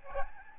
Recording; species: mosquito wingbeat signal from an infrared sensor; Aedes albopictus